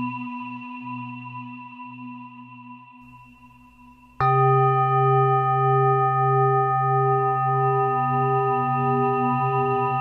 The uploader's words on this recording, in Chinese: 胰及DNA频率117.3-528Hz丨颂钵。